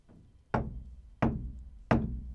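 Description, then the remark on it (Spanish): A mallet pounds on the ceiling during yearly renovation work: a faint tap, then three loud, heavy thuds spaced evenly about two-thirds of a second apart, each with a deep, booming decay. “No, alguien toca el techo, le están dando con una maceta hace rato.”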